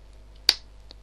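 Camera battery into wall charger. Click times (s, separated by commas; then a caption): 0.5 s. A Nikon camera battery, held firmly down in its wall charger adapter, is pushed forward until it engages with one sharp click at 0.5 s. A fainter tick follows at 0.9 s, and the battery is seated in the charger.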